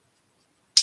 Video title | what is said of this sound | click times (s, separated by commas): SoundwaveSG1 Live Stream | it's got a um yeah it clicks quite nice click once it's in it's in so it's pretty cool | 0.8 s